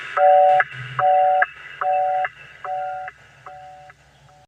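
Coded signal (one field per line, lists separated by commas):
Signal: none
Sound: a song's electronic beeps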